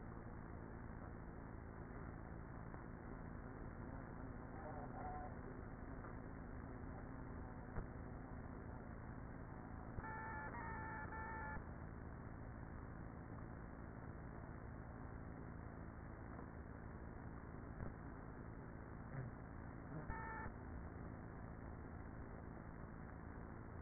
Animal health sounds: honeybee colony, microphone inside the hive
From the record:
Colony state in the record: queenless with a low population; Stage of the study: after two queens were removed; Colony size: about 30,000 bees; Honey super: no

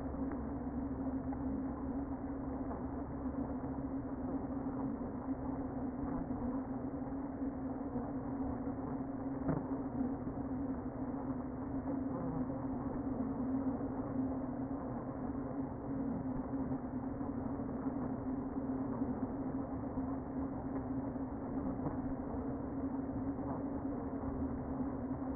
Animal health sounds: honeybee colony, microphone inside the hive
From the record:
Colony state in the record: queen present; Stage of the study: before two queens were removed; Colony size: about 60,000 bees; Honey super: yes

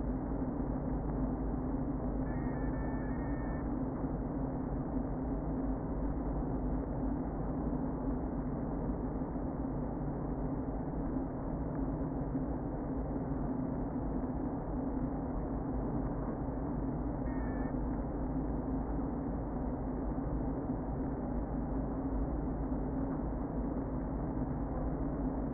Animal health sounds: honeybee colony, microphone inside the hive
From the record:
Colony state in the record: queen present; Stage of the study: before two queens were removed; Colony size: about 60,000 bees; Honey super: yes

